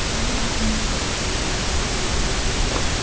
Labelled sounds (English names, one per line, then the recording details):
Pectoral Sandpiper
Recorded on Arctic tundra, site UTQI-0, on 13 June 2019
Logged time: 00:00